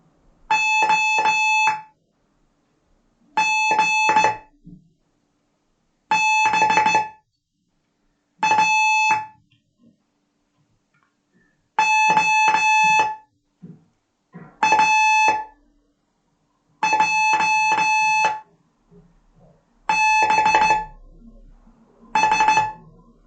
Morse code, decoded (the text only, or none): O G B A O A J B S